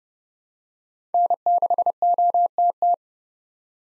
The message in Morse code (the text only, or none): N6OTT